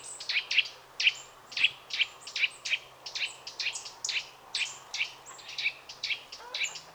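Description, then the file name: Eurasian nuthatch giving short, high, piercing chirps in a rapid, steady string over a faint low hum. "Sitta europaea"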